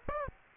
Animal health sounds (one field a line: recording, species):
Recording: mosquito wingbeat signal from an infrared sensor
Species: Aedes aegypti